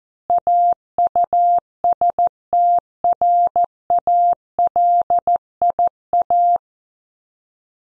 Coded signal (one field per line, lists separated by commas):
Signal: Morse code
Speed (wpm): 14 wpm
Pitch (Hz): 700 Hz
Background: none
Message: AUSTRALIA